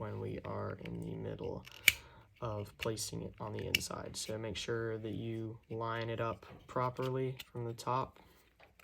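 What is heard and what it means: Someone talks while lining up a rear sight assembly from the top to go into the metal slide of an airsoft Hi-Capa pistol. Near the end there are two faint, brief ticks at about 8.6 and 8.9 seconds, but nothing has seated or clicked into place yet.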